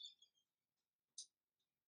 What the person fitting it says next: can you hear that click